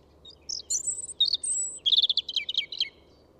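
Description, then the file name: European robin song: a high, thin whistle and sweet notes, then a rapid buzzy trill of repeated notes sliding downward, all within about two and a half seconds. "Pettirosso"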